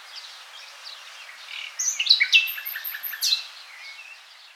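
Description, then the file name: Common nightingale singing a varied phrase of sharp chips and whistles in the middle, with quieter twittering before and after. "Luscinia megarhynchos"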